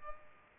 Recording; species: mosquito wingbeat signal from an infrared sensor; Culex pipiens